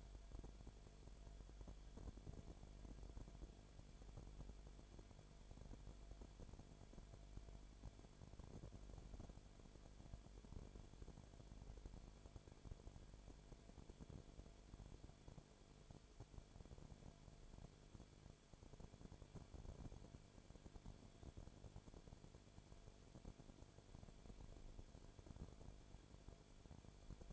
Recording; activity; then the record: daily activity, microphone in the room; no activity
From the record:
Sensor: 5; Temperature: 19.9 degrees Celsius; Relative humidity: 35.6%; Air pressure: 1003.4 hPa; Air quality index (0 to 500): 57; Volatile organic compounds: 1 ppm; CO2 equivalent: 635 ppm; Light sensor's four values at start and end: 2/3/1/1 and 2/3/1/1